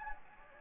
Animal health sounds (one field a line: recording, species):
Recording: mosquito wingbeat signal from an infrared sensor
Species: Anopheles gambiae